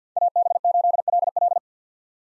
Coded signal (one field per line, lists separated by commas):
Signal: Morse code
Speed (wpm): 46 wpm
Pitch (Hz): 700 Hz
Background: none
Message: AB8LL